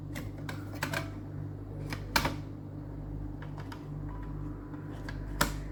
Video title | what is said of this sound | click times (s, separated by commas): ติดตั้งการ์ด Wi-Fi M.2 พร้อมเดินสายสัญญาณ IPEX MHF4 to RP-SMA ในเครื่อง HP ProDesk 400 G3 DM | ล็อคเข้าที่ละ | 2.2 s, 5.4 s